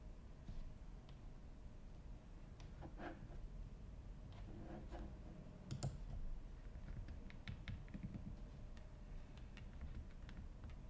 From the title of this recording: Typing, Paper, Clicking sounds